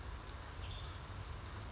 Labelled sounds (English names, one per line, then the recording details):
Western Tanager
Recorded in Sonoma County, California